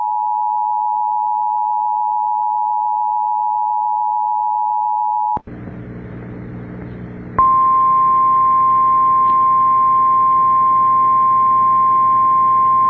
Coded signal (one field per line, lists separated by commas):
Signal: Emergency Alert System (SAME) tones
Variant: 853 and 960 Hz attention tone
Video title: Severe Thunderstorm Warning (Dickey and McIntosh Counties, SD) (8/5/25) [EAS #219]